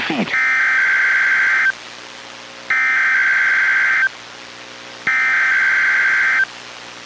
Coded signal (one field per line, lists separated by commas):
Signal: Emergency Alert System (SAME) tones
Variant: header bursts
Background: speech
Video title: EAS #906: NWR Required Weekly Test- Jan. 24, 2024- 11:06AM PST